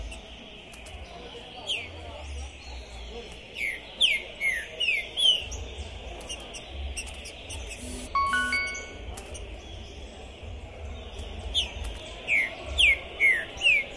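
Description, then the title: Green-winged saltator delivering two bursts of fast, falling whistled notes separated by a quieter stretch, with clicks, a brief tonal beep and low background rumble. Captive bird at a singing tournament entrance, warming up before a contest, chirping, singing and displaying aggressively (macheando); 2021; described as a 'Pistoleiro' bird. "ESQUENTAR Seu TRINCA Piando, Cantando E Macheando Na DISPUTA. Esse TRINCA FERRO ficou POSSUÍDO na PORTA do TORNEIO! Trinca Ferro Pistoleiro 2021!"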